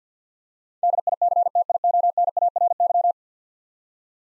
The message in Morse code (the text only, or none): DICTIONARY